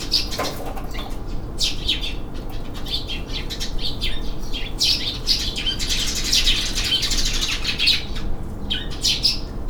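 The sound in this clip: Bird calls, many short high chirps and tweets in quick, uneven bursts, several overlapping, over a steady low rumble of background noise.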